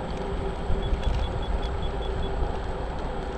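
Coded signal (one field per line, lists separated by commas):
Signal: none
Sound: scooter's beeps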